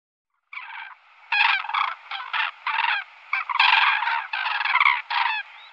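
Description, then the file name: Common crane calling in a fast run of harsh, trumpeting notes, nearly continuous for about five seconds. "Trana"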